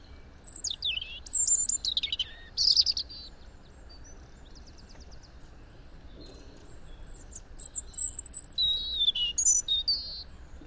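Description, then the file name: European robin song, thin high warbling phrases sliding up and down, several bursts with pauses between, over a soft steady background hiss. "Erithacus rubecula"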